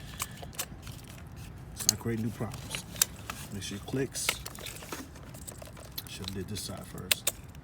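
A plastic wiring harness connector is handled near its socket by the battery in the engine bay of a 2015 Q50 3.7L AWD during battery replacement, with a few sharp ticks and light rustling heard while someone talks. Nothing has seated or clicked yet.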